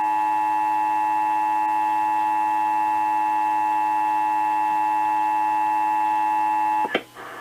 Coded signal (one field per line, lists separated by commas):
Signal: Emergency Alert System (SAME) tones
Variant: 853 and 960 Hz attention tone